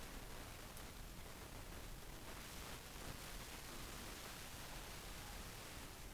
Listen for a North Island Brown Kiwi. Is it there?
no